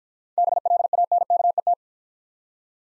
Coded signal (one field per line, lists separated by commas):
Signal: Morse code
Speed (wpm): 49 wpm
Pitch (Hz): 700 Hz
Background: none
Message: BLANKET